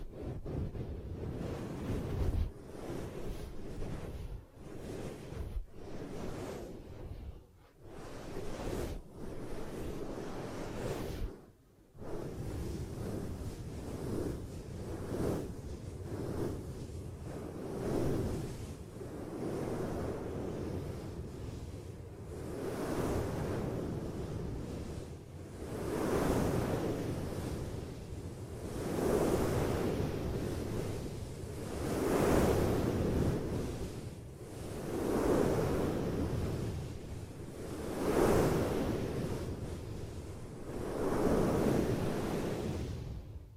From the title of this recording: Ear Cupping Triggers